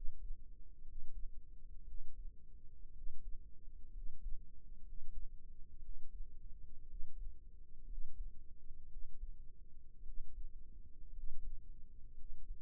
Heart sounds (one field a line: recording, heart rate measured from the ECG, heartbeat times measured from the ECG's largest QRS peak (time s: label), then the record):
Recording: heart sounds by microphone in the right ear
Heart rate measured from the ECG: 58 bpm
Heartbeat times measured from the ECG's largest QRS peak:
0.83 s: heartbeat
1.84 s: heartbeat
2.92 s: heartbeat
3.92 s: heartbeat
4.82 s: heartbeat
5.79 s: heartbeat
6.86 s: heartbeat
7.85 s: heartbeat
8.87 s: heartbeat
10.03 s: heartbeat
11.11 s: heartbeat
12.14 s: heartbeat
From the record:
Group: healthy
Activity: rest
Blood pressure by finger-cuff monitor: 111/67 mmHg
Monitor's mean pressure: 82 mmHg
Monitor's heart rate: 59 bpm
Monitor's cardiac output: 5.5 L/min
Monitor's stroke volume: 94 mL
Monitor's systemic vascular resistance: 1020 dyn s/cm5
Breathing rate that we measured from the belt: 17 breaths a minute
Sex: male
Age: 22 years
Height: 181 cm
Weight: 79 kg